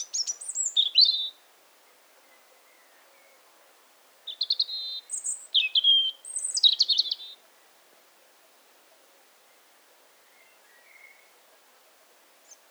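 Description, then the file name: European robin song, several high, tinkling phrases of varied rapid notes and trills with pauses between them, in otherwise quiet surroundings. "Erithacus rubecula"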